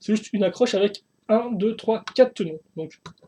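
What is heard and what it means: A grey plastic building-brick piece for the Legends of Chima Croc Swamp Hideout model is being handled over a connection of just four studs at the middle of the model while someone talks. Nothing has seated or clicked yet; the piece is not yet home.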